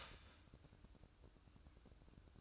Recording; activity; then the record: daily activity, microphone in the room; start toaster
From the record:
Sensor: 2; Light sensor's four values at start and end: 6/14/6/6 and 6/14/6/6